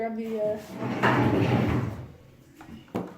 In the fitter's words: let's just snaps into place like that they're